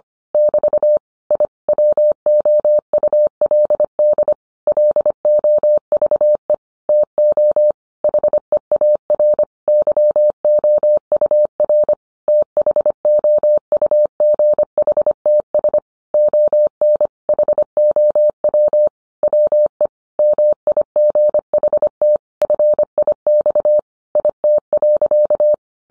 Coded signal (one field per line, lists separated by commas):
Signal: Morse code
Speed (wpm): 25 wpm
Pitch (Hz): 600 Hz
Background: none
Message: <BT> I WOULD LOVE TO HEAR YOUR THOUGHTS ON HOW WE MIGHT FIX IT.